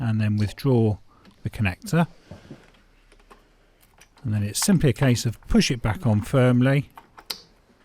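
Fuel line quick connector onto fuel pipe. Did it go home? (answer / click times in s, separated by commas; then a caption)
yes / 7.3 s. A fuel line quick-release connector on a Peugeot 207cc 1.6 THP is withdrawn from its fuel pipe in the engine bay, then pushed firmly back on while someone talks. It clicks into place with a sharp click at 7.3 s, and the connector is seated.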